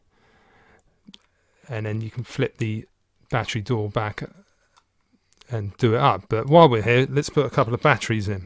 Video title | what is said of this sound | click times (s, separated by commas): Topside Dual by Dovpo/TVC - 200W Squonk Mod | But that just clicks back into place. | 1.1 s